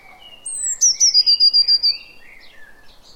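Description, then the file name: Eurasian blue tit song: a thin, very high opening note sliding down, then a rapid trill of several even notes, with softer lower twittering. "Cyanistes caeruleus"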